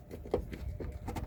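The plastic power steering fluid reservoir of a Toyota Tarago/Previa/Estima is pushed back into its mounting bracket during an engine mount replacement, with a sharp click at 0.3 s among quieter taps and rustles. The reservoir seats in its holder.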